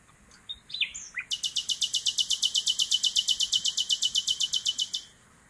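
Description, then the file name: Common nightingale song: brief chirps, then a rapid, buzzy rattle of many even notes lasting nearly four seconds. "Luscinia megarhynchos"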